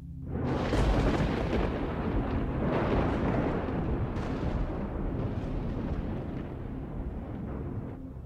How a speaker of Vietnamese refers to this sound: Bất ngờ một tia sét ở trên tầng không sáng rực cùng với tiếng đinh tai nhức óc làm cho cả lũ phải rúm cả vào với nhau.